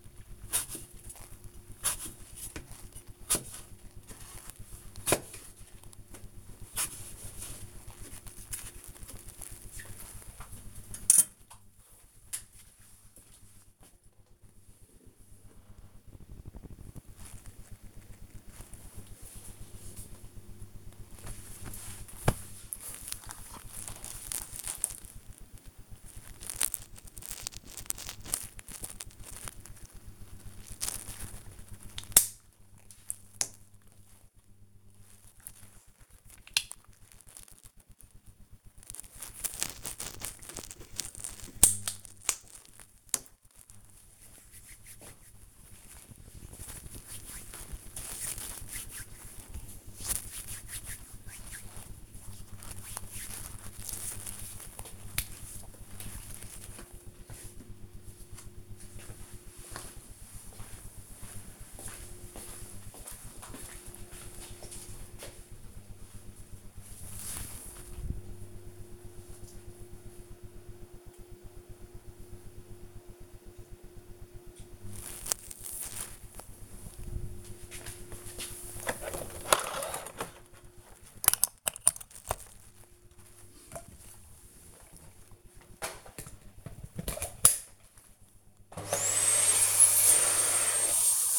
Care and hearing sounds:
household activities, microphone on the right wrist
0.00-8.21 s: cutting vegetables
37.42-55.56 s: cream hands
77.73-91.39 s: vacuum cleaning

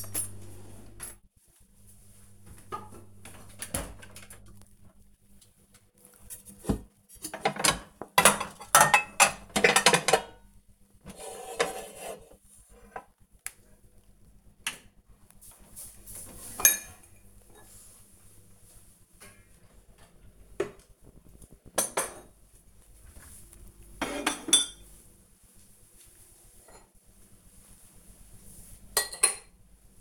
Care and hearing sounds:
household activities, microphone on the right wrist
0.00-30.01 s: putting away the dishes

